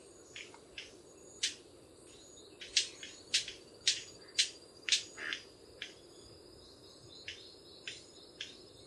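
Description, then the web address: White-collared Manakin snaps, sharp cracking clicks repeated irregularly about twice a second, over a steady high insect hiss. Recorded at Gandoca-Manzanillo, Costa Rica. "Gandoca-Manzanillo Aves manacus candei"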